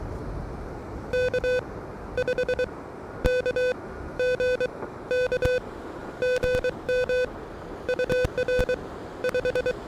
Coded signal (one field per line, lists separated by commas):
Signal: Morse code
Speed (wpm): 22 wpm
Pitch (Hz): 500 Hz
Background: none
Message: K5KG K GM UR 5